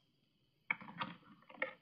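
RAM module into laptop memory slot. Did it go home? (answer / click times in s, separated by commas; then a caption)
yes / 0.7 s. The first new RAM stick is pushed down into the bottom memory slot of a 2011–2012 MacBook Pro during an 8GB/16GB upgrade, and it snaps into place with a sharp click at 0.7 s. Softer plastic clicks and rustling follow, with another strong click at 1.6 s. The memory stick is seated.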